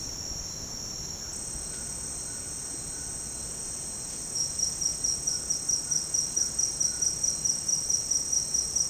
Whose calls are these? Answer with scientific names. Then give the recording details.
Ramphastos tucanus. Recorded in dense forest near Puerto Asís, Putumayo, Colombia, on 23 June 2025 at 07:30. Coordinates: 0.486, -76.317. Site G065